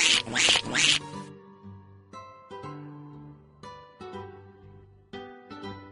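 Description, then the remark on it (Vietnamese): A duckling gives a quick burst of loud, harsh quacks in the first second, followed by a series of sustained, tonal notes that rise and fall, like a short melody. “À, chú vịt con đẹp quá.”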